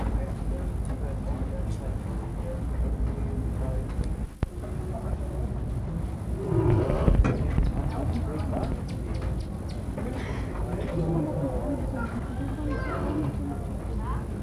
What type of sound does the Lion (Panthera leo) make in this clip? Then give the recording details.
call. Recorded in captivity. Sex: male. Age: adult. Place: Tierschau Zirkus Busch, Berlin, DE. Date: 1961-07-22 16:00. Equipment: Minifon, Kopie Smaragd. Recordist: Tembrock, Günter